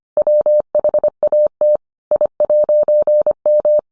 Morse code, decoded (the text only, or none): WHAT I'M